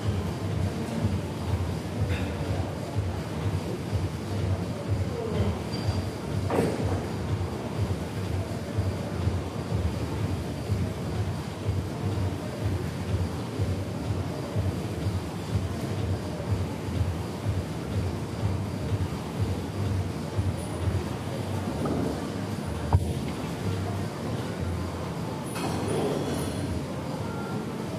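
Gym ambience with a steady, low rumbling whoosh that pulses in a fast, even rhythm, like a treadmill belt running throughout. A few brief, brighter knocks or clinks stand out, around six seconds and again near twenty-two and twenty-six seconds.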